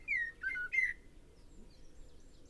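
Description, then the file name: Common blackbird giving a brief fluted whistled phrase of three notes, followed by quiet with faint high chirps. "Turdus merula"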